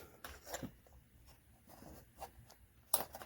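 A plastic hub cap is pressed back onto the center of a MARASTAR 21425 15x6.00-6 riding lawn mower front wheel. After some soft handling scrapes and rustles, it snaps into place with a sharp click at 2.9 s, and the cap is seated.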